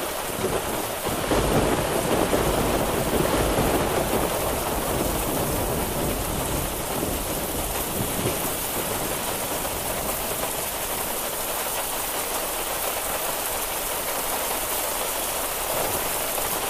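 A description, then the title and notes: Rain pours steadily through a thunderstorm, a dense, even hiss that fills the whole clip. A low, rolling rumble of thunder swells in the first few seconds and fades by around eight seconds. After that, only the constant downpour remains. Thunder Storm and Rain.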